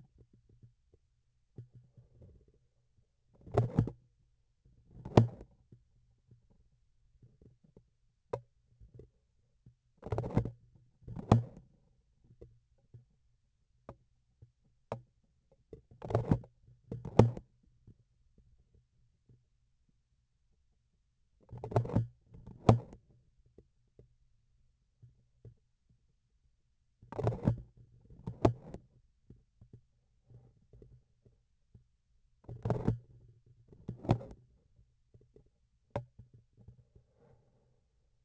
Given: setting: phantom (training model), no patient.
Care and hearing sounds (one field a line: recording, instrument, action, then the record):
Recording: laparoscopic instrument, vibration sensor on the handle end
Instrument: grasping forceps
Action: opening and closing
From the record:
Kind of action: tool actuation without material contact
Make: other than Olympus